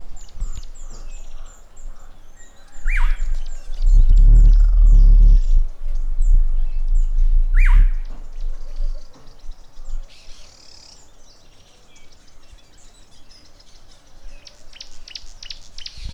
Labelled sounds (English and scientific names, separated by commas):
Black-headed Gonolek (Laniarius erythrogaster)